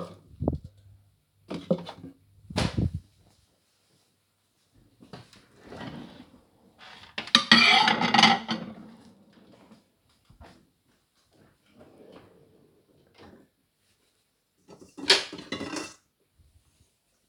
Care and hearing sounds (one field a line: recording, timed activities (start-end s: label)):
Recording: household activities, microphone on the right wrist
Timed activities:
0.00-17.29 s: putting away the dishes